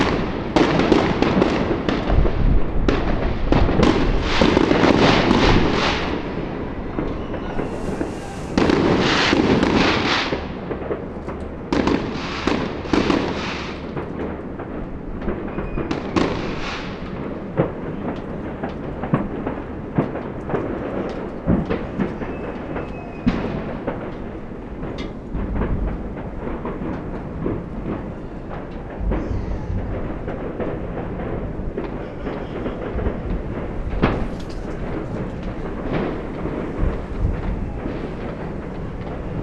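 Fireworks burst overhead in a dense, continuous barrage of booms, crackles and sharp pops. The first fifteen seconds are loudest, with bright crackling flurries around eight, ten and sixteen seconds, then the bangs thin out into more scattered, slightly quieter explosions.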